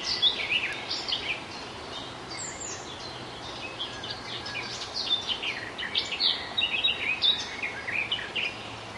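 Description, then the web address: Garden warbler singing a long, babbling warble of rapid notes that briefly eases in the middle, then picks up again, with steady hiss behind. At Zakole Wawerskie, Poland. "zakole-wawerskie nagrania gajowka"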